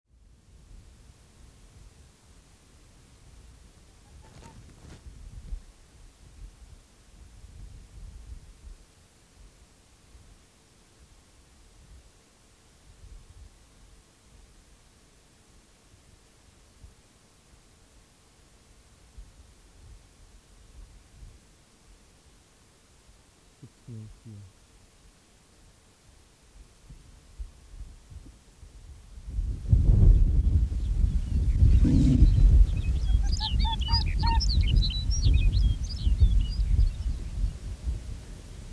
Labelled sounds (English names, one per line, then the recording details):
Arctic Fox
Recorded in the wild
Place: Insel Mednyi, Kommandeur-Inseln, RU
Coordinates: 54.5167, 168.083
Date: 1999-07-05 17:04
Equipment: Sony WM-D6C, Sennheiser MKH 70, Windkorb, Kopie Sony TCD-D8
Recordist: Frommolt, Karl-Heinz
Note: Südosten der Halbinsel am "Robbengrat": zwei Bellstrophen (von vier) eines Polarfuchses. Tier nicht gesehen